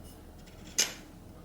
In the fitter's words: You can very audibly hear it click into place where it's supposed to be.